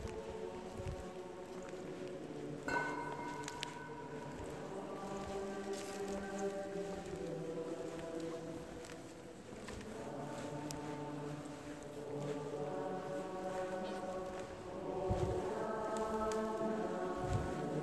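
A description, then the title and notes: Inside a church in Venice, long sustained tones hang in the air, layered like held chords that shift every few seconds and swell louder near the end. Occasional soft knocks and footsteps come through underneath, with a low, steady rumble throughout. Parrocchia S. Maria Gloriosa. Walking through a church in Venice.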